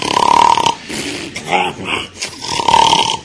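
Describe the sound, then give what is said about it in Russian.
A voice imitates snoring: two loud, raspy, buzzing snores, one at the start and one at the end, with softer breathy snuffling sounds in between. “Рот открытый, слюни, храп раздается.”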